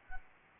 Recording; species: mosquito wingbeat signal from an infrared sensor; Anopheles arabiensis